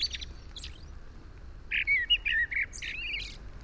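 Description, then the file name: Eurasian blackbird song, a few faint high squeaks followed by one short warbled phrase with scratchy high notes, over a low background hum. "Turdus merula"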